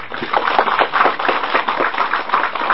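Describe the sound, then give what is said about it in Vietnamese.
An audience at a Buddhist dharma talk at the Phổ Hiền practice hall breaks into steady applause, many hands clapping in a dense, continuous patter that stays fairly loud and even for the whole stretch, with no voices standing out. “Ở đây các vị nghe pháp rất là nhiều, cho tràng pháo tay.”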